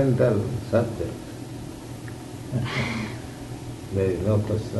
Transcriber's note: sighs